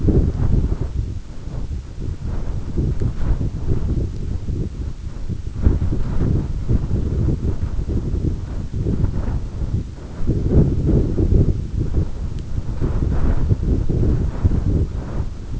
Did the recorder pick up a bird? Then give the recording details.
no. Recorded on Arctic tundra, site EABA-1, on 22 June 2018. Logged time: 14:00